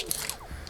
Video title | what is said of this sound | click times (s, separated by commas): Darche Stowaway Camp Kitchen - How to setup & pack away | and just locks into place. | 0.1 s, 0.3 s